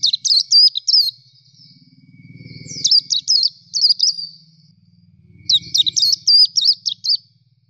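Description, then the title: Nightingale giving three runs of quick, jerky high whistled notes separated by pauses, with a low droning hum underneath. Training song for bird keepers to teach their birds to sing melodiously. "nightingale masteran"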